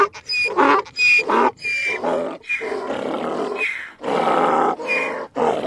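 Donkey braying in a pumping rhythm, shrill inhaled squeals alternating with coarse, grating exhaled honks.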